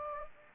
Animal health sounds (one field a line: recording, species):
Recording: mosquito wingbeat signal from an infrared sensor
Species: Anopheles gambiae